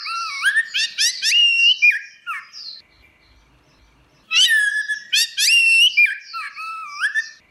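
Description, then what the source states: Orange-headed thrush: songbird giving loud whistled phrases of rising and falling slurred notes in two bursts with a pause between. Song style called ngeplong; recording used as master audio for training captive birds.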